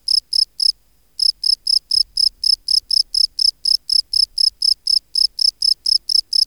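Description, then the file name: Field cricket chirping in a regular, shrill series, around four chirps each second, broken by short pauses early and near the end. "Bio Acoustica. Gryllus campestris"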